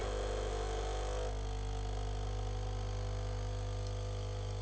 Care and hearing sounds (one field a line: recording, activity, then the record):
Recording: daily activity, microphone in the room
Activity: make coffee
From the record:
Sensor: 4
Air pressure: 1010.2 hPa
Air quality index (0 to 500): 180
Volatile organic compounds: 5 ppm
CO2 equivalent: 1828 ppm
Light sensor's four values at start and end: 27/81/32/32 and 28/83/32/32